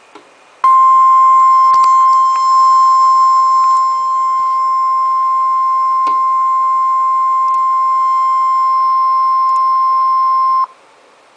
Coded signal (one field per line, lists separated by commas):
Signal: Emergency Alert System (SAME) tones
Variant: 1050 Hz attention tone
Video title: Severe Thunderstorm Warning for a Storm Capable of Quarter Size Hail {EAS #189}